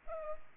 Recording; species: mosquito wingbeat signal from an infrared sensor; Culex pipiens